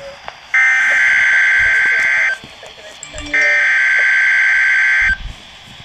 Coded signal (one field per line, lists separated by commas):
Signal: Emergency Alert System (SAME) tones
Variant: header bursts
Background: speech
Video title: Severe Thunderstorm Warning #5 (EAS #389)